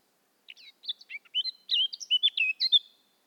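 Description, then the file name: Eurasian blackcap song, one continuous hurried warble of mixed scratchy and clear whistled notes, growing louder midway. "Sylvia atricapilla"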